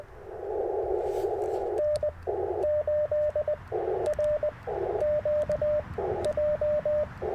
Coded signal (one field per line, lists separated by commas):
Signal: Morse code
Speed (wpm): 20 wpm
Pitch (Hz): 590 Hz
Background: radio noise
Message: N8RQJ